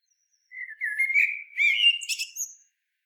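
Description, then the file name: Common blackbird song: a short, melodious whistled phrase rising into a brief, scratchy high twitter at the close. "Turdus merula"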